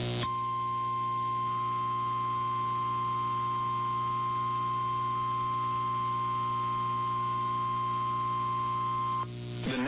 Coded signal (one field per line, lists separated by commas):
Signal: Emergency Alert System (SAME) tones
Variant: 1050 Hz attention tone